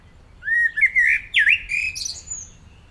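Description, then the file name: Common blackbird singing a smooth, fluted warble of sliding notes, finished with a high, thin, squeaky twitter. "Turdus merula"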